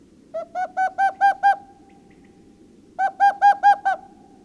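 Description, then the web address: Owl giving two quick bursts of hooting notes, six then five, separated by about a second and a half of quiet. "ghost owl bird call"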